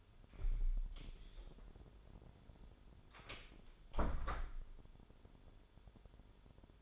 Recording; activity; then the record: daily activity, microphone in the room; close door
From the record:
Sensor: 5